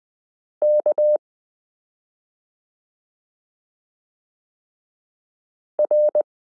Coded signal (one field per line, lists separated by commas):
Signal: Morse code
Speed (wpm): 20 wpm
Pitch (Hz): 600 Hz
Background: none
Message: K R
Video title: Morse Code Listening Lesson 8 - m k r s u a p t l